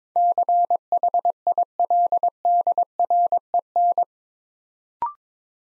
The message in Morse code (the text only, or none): CHILDREN